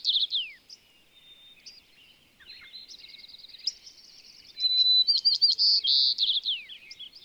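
Bird singing a long run of soft twittering trills and chirps, building to a loud burst of sharp whistled notes and buzzy phrases near the end.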